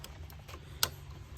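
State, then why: Seated. An electrical wiring connector is pushed onto the camshaft sensor of an MK4 Volkswagen GTI in the engine bay. Faint ticks are heard at 0.0 s and 0.3 s, followed by a sharp, loud click at 0.8 s as the connector seats. The connector is confirmed clicked in.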